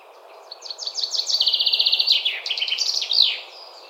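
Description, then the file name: Common Chaffinch song: a few opening notes, then a fast even trill of repeated notes, closing with a sharp downward flourish. "Fringilla coelebs"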